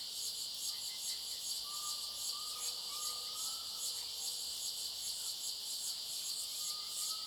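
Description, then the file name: Cicadas give a continuous high, thin buzzing hiss with a faint pulsing texture, while thin whistled bird notes drift in and out underneath. Cicadas in a clearing; high-pitched thin sound; a bird also present. "Cigarras na clareira som agudo fino passaro e cachorro longe"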